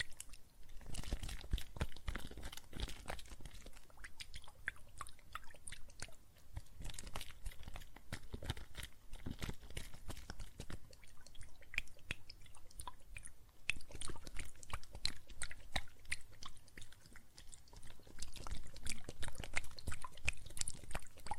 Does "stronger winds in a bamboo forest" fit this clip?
no